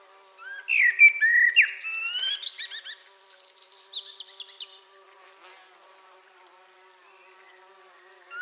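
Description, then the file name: Common blackbird song: a phrase of low fluted whistles sliding into a high squeaky twitter, then a second thin, wavering high phrase after a short pause, over a faint steady hum. "Turdus merula"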